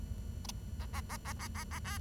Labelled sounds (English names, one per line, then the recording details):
Bengalese Finch song
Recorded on 23 June 2012 at 08:39
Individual gr41rd51